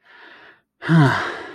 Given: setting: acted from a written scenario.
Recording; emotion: vocal sound without words; relief